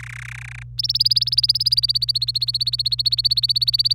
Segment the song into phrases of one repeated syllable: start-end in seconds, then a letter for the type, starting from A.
0.00-0.63 A, 0.78-3.95 B